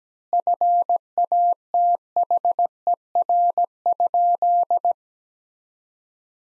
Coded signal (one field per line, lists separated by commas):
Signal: Morse code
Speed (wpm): 17 wpm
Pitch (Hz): 700 Hz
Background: none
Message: FATHER?